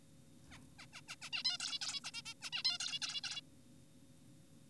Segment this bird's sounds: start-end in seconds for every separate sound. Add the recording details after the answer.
0.51-0.60, 0.79-0.86, 0.93-1.01, 1.08-1.16, 1.22-1.30, 1.33-1.43, 1.45-1.58, 1.60-1.79, 1.82-2.00, 2.04-2.11, 2.14-2.22, 2.26-2.34, 2.42-2.50, 2.53-2.63, 2.65-2.78, 2.80-2.99, 3.02-3.21, 3.24-3.41. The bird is an adult. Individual g4p5U